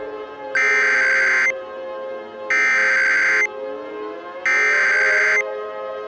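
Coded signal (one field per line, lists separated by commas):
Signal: Emergency Alert System (SAME) tones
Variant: header bursts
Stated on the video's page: Fictional EAS scenario, a mock.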